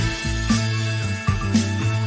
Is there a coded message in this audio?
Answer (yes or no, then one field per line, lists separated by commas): no